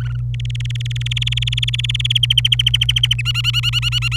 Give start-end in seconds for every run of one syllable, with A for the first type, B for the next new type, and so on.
0.01-0.16 A, 0.34-2.12 B, 2.15-3.21 C, 3.25-4.17 D